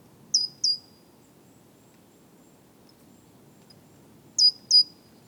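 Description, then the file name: Great tit giving two quick high, thin notes, then a silent stretch of several seconds before another similar pair. "Parus major"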